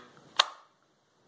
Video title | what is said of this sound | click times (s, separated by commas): WERKZ Minimalist 2.0 IWB/OWB GLOCK 19/23/32 | ahead and uh listen for that click okay | 0.4 s